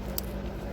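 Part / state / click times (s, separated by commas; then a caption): second wiring connector into fuel pump assembly / seated / 0.2 s. On a 2012 Hyundai Sonata Limited, a second plastic wiring connector is pushed by both hands onto the fuel pump assembly. A short, sharp click at 0.2 s rises above a steady low hum, and the connector is seated back in place.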